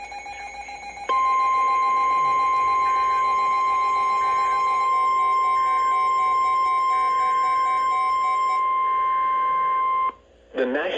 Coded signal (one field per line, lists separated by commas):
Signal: Emergency Alert System (SAME) tones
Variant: 1050 Hz attention tone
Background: speech, music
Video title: EAS 2437-2441 (Five Header)